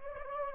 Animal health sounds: mosquito wingbeat signal from an infrared sensor; Anopheles gambiae

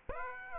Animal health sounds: mosquito wingbeat signal from an infrared sensor; Aedes aegypti

